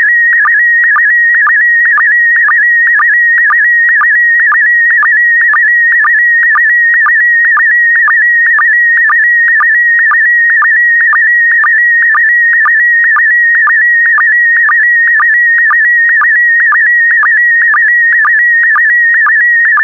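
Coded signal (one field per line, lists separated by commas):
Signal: SSTV (slow-scan television)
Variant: PD120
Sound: steady high warbling tone with sharp low blips about twice per second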